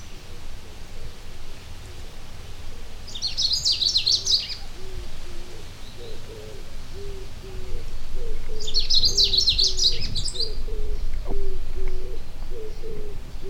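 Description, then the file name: Long-tailed rosefinch song: two brief high twittering bursts, several seconds apart, over a steady series of soft low hooting notes from another bird. "Carpodacus sibiricus"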